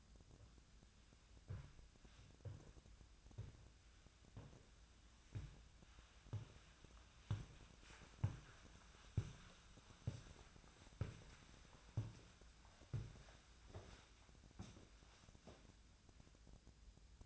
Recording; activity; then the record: daily activity, microphone in the room; walk to room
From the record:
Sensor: 2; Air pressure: 1009.9 hPa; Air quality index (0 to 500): 177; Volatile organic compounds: 10 ppm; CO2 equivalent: 2218 ppm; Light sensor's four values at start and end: 31/76/33/36 and 30/73/31/35